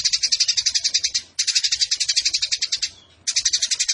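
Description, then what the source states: Eurasian tree sparrow chattering song: dense, buzzy high chirps pulsing about four per second in long bursts, broken by two short pauses. Fighting-style sparrow with a long 'nembak panjang' (rapid shooting) song and clear voice; mandatory tutor recording for birds entered in song competitions.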